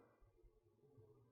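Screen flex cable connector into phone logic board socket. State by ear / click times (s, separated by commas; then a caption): not seated / none. The display flex cable's press-fit connector of an iPhone 7 Plus LCD screen is handled and pushed gently toward its socket on the phone's logic board, producing only faint low handling rumbles. Nothing has seated or clicked yet.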